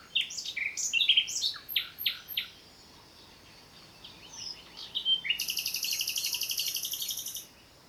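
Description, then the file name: Common nightingale song: a varied phrase of sharp whistles and chirps, then a pause and a long rapid buzzy trill lasting about two seconds. "Luscinia megarhynchos"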